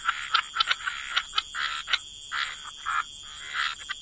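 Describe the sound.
Scattered frog croaks, sharp clicks and a few short buzzy trills, sparser than a full chorus, with a steady hiss behind.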